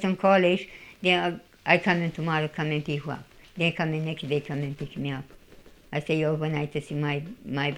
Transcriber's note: none